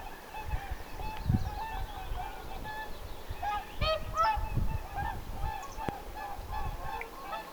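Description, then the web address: Whooper swans giving scattered honking calls, quieter at first and then a brief burst of louder trumpeting near the middle, over low rumbling noise. Apparently young whooper swans calling on the shore in summer, 1 June 2025. "paivat 1 6 2025 laulujoutsenten aantelya kesalla ilmeisten nuorten rannalla"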